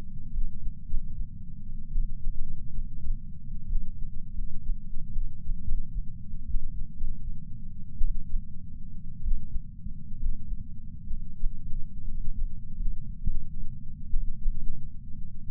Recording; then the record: heart sounds by patch sensor on the chest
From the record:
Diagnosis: coronary artery disease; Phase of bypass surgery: postoperative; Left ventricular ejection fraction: 41.5%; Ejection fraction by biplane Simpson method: 34.6%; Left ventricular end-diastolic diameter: 67 mm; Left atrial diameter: 53 mm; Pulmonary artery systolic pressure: 24 mmHg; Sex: male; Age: 61 years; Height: 174 cm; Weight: 80 kg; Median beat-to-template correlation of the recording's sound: 0.54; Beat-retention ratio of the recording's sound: 0.99